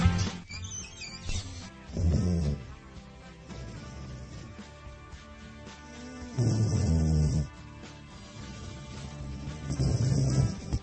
Studio Cat Boog is snoring.